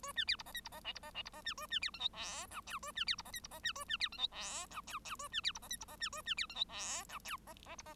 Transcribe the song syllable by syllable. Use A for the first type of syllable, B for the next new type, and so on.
A B C D E F D E G D E G D E B A B C H I J K L A B C D E F D E B A B C H I J K L L A B C D E F D E B A B C H I J K L E E D E